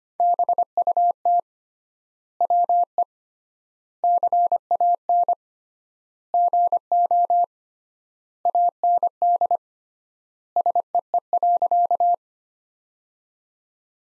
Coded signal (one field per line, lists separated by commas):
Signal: Morse code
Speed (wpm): 25 wpm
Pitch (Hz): 700 Hz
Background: none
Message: BUT WE CAN GO AND SEE.